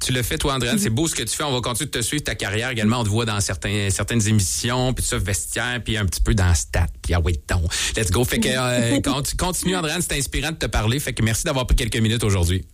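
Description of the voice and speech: A man speaks Québécois French in a warm, fluent run of radio talk, thanking and encouraging a guest with almost no pauses. His voice is clear and moderately low, with lively pitch and normal rate and articulation: typical adult speech.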